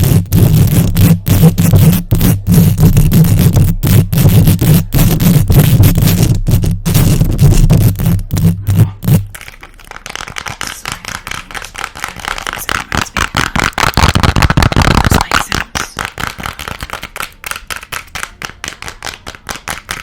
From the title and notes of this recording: ASMR Mic Scratching & Tapping, Fast and Aggressive, for Sleep, mic triggers, rubbing, long nails.